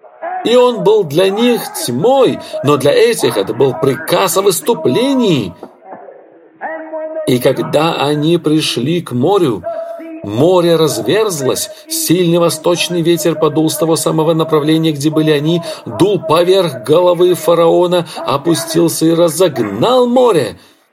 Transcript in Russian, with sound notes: И Он был для них тьмой, но для этих это был приказ о выступлении. [Брат Бранхам стучит по кафедре—Ред.] И когда они пришли к морю, море разверзлось. Сильный восточный ветер подул с того самого направления, где были они, дул поверх головы фараона, опустился и разогнал море.